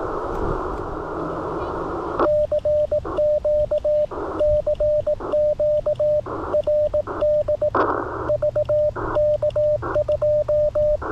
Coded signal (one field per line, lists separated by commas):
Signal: Morse code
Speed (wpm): 18 wpm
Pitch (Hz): 590 Hz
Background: radio noise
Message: CQ CQ RD VK2